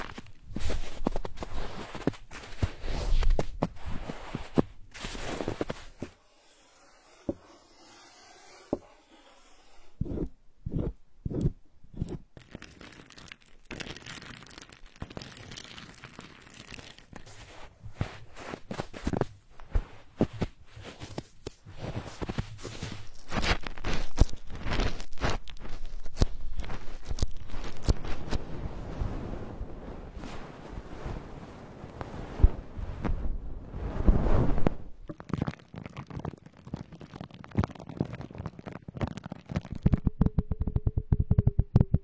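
Ear cleaning, with dense crunchy scraping and crinkling against the ear. A near-silent stretch around six to ten seconds holds only scattered clicks before the rubbing returns, thicker and louder toward the end, where a faint steady tone enters.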